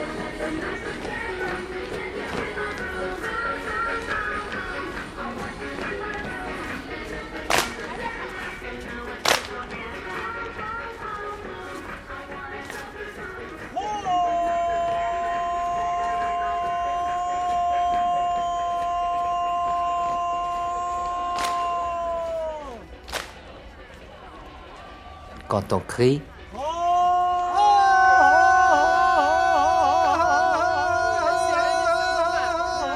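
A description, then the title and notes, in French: A busy public exercise scene: a dense murmur of many voices fills the first half, broken by a few sharp cracks near 8, 9 and 23 seconds. From about 14 seconds, steady held music tones ride over the chatter, and after a sweeping glide near 26 seconds, louder wavering tones take over. Ambiances dans un parc à Pékin (Beijing). Au parc de la Colline du Charbon. On entend les cris du kung-fu, les danses des jeunes et la gymnastique des anciens.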